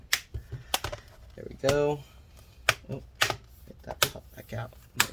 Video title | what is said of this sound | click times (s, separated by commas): HP Pavilion x360 Convertible 14-ba253cl 14-ba Disassembly RAM SSD Hard Drive Upgrade Fan Repair | all right just line it all up and click it back in there we | 0.1 s, 0.7 s